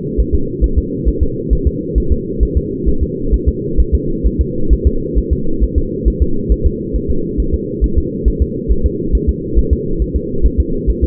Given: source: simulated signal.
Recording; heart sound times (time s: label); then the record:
fetal heart sounds
0.20 s: S1
0.34 s: S2
0.64 s: S1
0.78 s: S2
1.08 s: S1
1.23 s: S2
1.53 s: S1
1.67 s: S2
1.98 s: S1
2.12 s: S2
2.43 s: S1
2.57 s: S2
2.88 s: S1
3.03 s: S2
3.34 s: S1
3.48 s: S2
3.80 s: S1
3.95 s: S2
4.27 s: S1
4.41 s: S2
4.73 s: S1
4.87 s: S2
5.18 s: S1
5.33 s: S2
5.64 s: S1
5.78 s: S2
6.08 s: S1
6.22 s: S2
6.52 s: S1
6.66 s: S2
6.96 s: S1
7.10 s: S2
7.40 s: S1
7.54 s: S2
7.84 s: S1
7.98 s: S2
8.28 s: S1
8.42 s: S2
8.71 s: S1
8.86 s: S2
9.15 s: S1
9.29 s: S2
9.59 s: S1
9.73 s: S2
10.02 s: S1
10.16 s: S2
10.46 s: S1
10.60 s: S2
10.90 s: S1
11.04 s: S2
From the record:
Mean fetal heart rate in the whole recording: 135 bpm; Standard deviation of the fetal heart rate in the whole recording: 3 bpm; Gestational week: 34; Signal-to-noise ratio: -8.1 dB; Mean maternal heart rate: 72 bpm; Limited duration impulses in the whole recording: absent